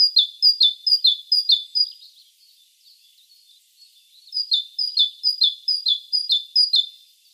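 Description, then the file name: Great tit singing a repeated two-note see-saw phrase in a rapid run, a brief pause with faint notes, then a second run of similar phrases. "Parus major"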